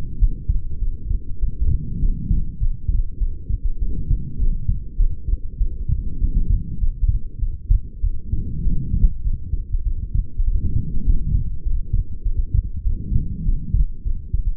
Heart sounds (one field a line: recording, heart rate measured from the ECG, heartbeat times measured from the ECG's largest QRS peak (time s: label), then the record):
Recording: heart sounds by stethoscope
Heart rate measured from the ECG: 100 bpm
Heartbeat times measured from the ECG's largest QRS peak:
0.18 s: heartbeat
0.79 s: heartbeat
1.39 s: heartbeat
1.99 s: heartbeat
2.58 s: heartbeat
3.18 s: heartbeat
3.78 s: heartbeat
4.38 s: heartbeat
4.97 s: heartbeat
5.57 s: heartbeat
6.18 s: heartbeat
6.78 s: heartbeat
7.39 s: heartbeat
8.01 s: heartbeat
8.62 s: heartbeat
9.22 s: heartbeat
9.83 s: heartbeat
10.44 s: heartbeat
11.03 s: heartbeat
11.62 s: heartbeat
12.22 s: heartbeat
12.83 s: heartbeat
13.43 s: heartbeat
14.02 s: heartbeat
From the record:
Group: healthy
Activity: light exercise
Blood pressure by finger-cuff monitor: 112/71 mmHg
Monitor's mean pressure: 83 mmHg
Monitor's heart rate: 100 bpm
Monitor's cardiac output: 8.5 L/min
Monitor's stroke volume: 85 mL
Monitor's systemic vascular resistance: 720 dyn s/cm5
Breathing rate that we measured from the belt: 27 breaths a minute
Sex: female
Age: 22 years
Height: 160 cm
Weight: 45 kg